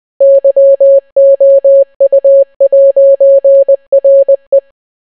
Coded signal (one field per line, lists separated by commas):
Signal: Morse code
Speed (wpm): 20 wpm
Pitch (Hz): 550 Hz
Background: none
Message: YOU'RE